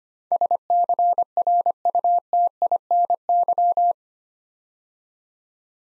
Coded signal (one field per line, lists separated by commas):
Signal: Morse code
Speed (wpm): 25 wpm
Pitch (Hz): 700 Hz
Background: none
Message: SCRUTINY